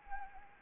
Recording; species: mosquito wingbeat signal from an infrared sensor; Anopheles arabiensis